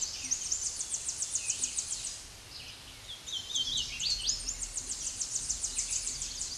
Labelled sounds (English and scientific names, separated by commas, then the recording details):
Tennessee Warbler (Leiothlypis peregrina) song
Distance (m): 25 m
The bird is about 15 m above the microphone
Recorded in a Pennsylvania forest on 16 May 2024 at 06:36
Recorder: AudioMoth, point MSD-1293
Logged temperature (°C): 12.0 °C
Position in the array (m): 68 m, 167 m